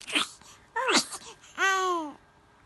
Baby sneeze.